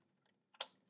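A 1GB desktop RAM memory stick is pushed down into its motherboard DIMM slot with the white or beige plastic retaining flaps open. A faint tick comes at 0.55 s, then a sharp, loud click at 0.6 s that fades over about a fifth of a second. The module seats in the slot.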